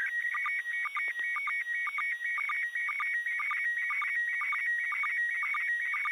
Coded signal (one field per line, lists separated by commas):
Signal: SSTV (slow-scan television)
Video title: Pase ISS SSTV